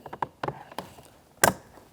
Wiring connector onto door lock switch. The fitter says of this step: Line it up, press it in, listen for an audible click.